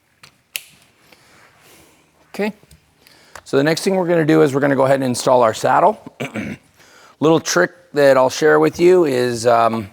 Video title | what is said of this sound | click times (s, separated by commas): KS Externally Routed Droppers - Installation video | And you'll hear it click there when we hit the right torque value. | 0.6 s